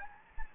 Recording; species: mosquito wingbeat signal from an infrared sensor; Anopheles gambiae